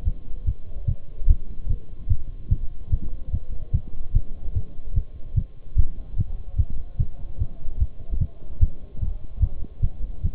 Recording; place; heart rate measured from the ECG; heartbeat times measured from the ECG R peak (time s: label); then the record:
heart sounds by stethoscope; between the tricuspid and mitral areas; 147 bpm
0.06 s: heartbeat
0.47 s: heartbeat
0.88 s: heartbeat
1.29 s: heartbeat
1.69 s: heartbeat
2.10 s: heartbeat
2.51 s: heartbeat
2.92 s: heartbeat
3.33 s: heartbeat
3.74 s: heartbeat
4.15 s: heartbeat
4.56 s: heartbeat
4.96 s: heartbeat
5.37 s: heartbeat
5.78 s: heartbeat
6.18 s: heartbeat
6.59 s: heartbeat
6.99 s: heartbeat
7.40 s: heartbeat
7.81 s: heartbeat
8.21 s: heartbeat
8.61 s: heartbeat
9.01 s: heartbeat
9.42 s: heartbeat
9.83 s: heartbeat
10.24 s: heartbeat
From the record:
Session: Bruce protocol treadmill stress test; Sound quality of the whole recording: partially saturated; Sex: male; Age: 23 years